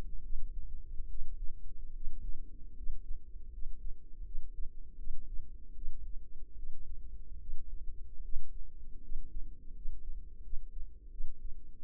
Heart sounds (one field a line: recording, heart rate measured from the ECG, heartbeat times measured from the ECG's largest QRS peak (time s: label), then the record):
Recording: heart sounds by microphone in the left ear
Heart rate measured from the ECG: 78 bpm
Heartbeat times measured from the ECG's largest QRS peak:
0.23 s: heartbeat
1.09 s: heartbeat
1.94 s: heartbeat
2.77 s: heartbeat
3.52 s: heartbeat
4.25 s: heartbeat
4.98 s: heartbeat
5.75 s: heartbeat
6.56 s: heartbeat
7.40 s: heartbeat
8.23 s: heartbeat
9.02 s: heartbeat
9.75 s: heartbeat
10.44 s: heartbeat
11.11 s: heartbeat
11.83 s: heartbeat
From the record:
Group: healthy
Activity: rest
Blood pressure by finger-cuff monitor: 125/43 mmHg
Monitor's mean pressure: 71 mmHg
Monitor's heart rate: 74 bpm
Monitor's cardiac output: 11.2 L/min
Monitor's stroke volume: 148 mL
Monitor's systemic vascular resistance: 470 dyn s/cm5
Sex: female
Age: 32 years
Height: 168 cm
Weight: 61.9 kg